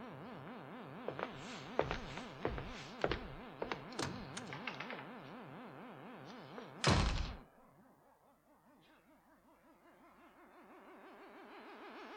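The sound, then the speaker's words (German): Someone tries a locked door, rattling it with a series of dull thunks and knocks, then one heavy thud, all over a steady warbling electronic hum that carries on afterward. “Nanu, ist die Tür verschlossen?”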